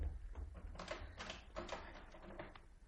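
A door being opened in a radio drama: a quick run of sharp clicks and wooden knocks, like a latch and handle being worked, followed by a softer thud, with a low rumble underneath.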